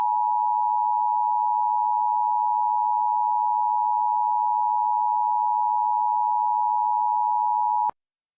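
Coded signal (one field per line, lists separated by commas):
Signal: Emergency Alert System (SAME) tones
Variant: 853 and 960 Hz attention tone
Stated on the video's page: Remade mock of a 2016 Pinellas County waterspout/tornado warning using synthesized voices, with changed end time and originator.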